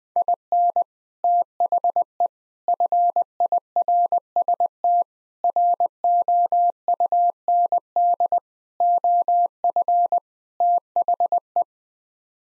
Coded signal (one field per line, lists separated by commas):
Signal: Morse code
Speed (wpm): 20 wpm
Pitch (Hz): 700 Hz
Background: none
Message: IN THE FIRST ROUND OF THE